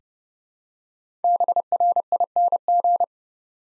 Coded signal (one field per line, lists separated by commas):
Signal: Morse code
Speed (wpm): 29 wpm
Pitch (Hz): 700 Hz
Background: none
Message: BRING